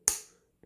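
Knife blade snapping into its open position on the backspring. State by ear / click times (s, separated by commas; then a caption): seated / 0.1 s. A steel slip-joint pocket knife blade is pinch-gripped and pulled open against a very strong backspring. It snaps into its open detent with a loud, sharp snap at 0.1 s that rings down quickly, followed by a faint second tap near 0.6 s. The blade is seated open.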